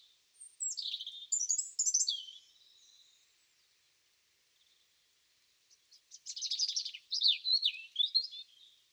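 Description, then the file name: European robin song in two bursts: a sweet, high, tumbling warble with sliding whistles, a quiet gap, then another rapid twittering phrase. "Erithacus rubecula"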